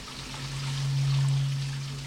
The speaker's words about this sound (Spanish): Y no sé si se escuchará la lluvia.